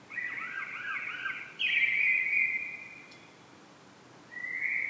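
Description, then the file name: Common blackbird song: mellow whistled phrases near the same pitch, one breaking into a slightly higher sustained note, then a new phrase beginning after a short pause. "Turdus merula"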